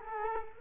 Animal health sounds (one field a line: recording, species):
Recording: mosquito wingbeat signal from an infrared sensor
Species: Culex quinquefasciatus